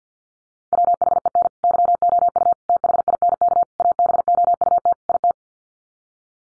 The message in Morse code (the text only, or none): WHEN YOU THINK ABOUT IT